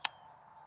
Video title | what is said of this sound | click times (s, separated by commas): How to shoot your AR15 basics breakdown | you will hear a click | 0.1 s